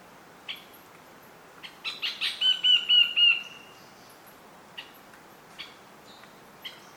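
Fantail calls: a brief burst of rapid squeaky chips, then scattered single high chips with quiet gaps between them.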